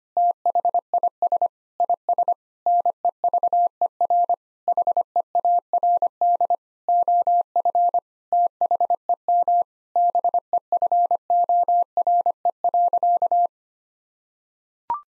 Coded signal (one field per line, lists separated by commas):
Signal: Morse code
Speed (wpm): 25 wpm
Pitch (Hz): 700 Hz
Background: none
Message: THIS IS NEVER HEARD OF THEM BEFORE.